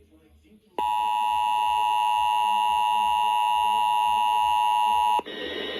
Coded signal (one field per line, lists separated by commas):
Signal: Emergency Alert System (SAME) tones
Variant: 853 and 960 Hz attention tone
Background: speech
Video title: EAS 373-376 | RMTs